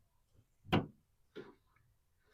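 A new backup camera is pushed into its mount on the rear liftgate trim of a 2015 Toyota Sienna LE, where a latch lets it fit only one way. After a louder broad burst near 0.7 s, one faint click is heard at 1.4 s in an otherwise quiet clip. The camera is seated.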